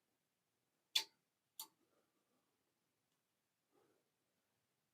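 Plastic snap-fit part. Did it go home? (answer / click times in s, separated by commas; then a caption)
yes / 1.0 s. A second plastic shelf sleeve half is snapped onto the other side of a steel shelving post, and it seats with a sharp click at 1.0 s. A weaker click follows at 1.6 s, then faint rustling near 3.8 s.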